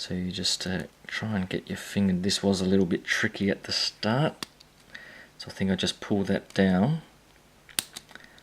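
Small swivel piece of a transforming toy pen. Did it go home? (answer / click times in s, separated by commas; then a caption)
yes / 7.8 s. Someone talks while working a finger onto the small plastic swivel piece of a Sentinel Takara Transformers Optimus Prime transforming toy pen and pulling it down. The piece clicks into position at 7.8 s, a sharp snap followed by a few faint small clicks, so it is seated and ready to be spun around.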